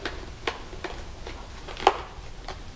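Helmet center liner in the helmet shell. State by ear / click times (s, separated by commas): seated / 0.1 s, 0.5 s, 0.8 s, 1.9 s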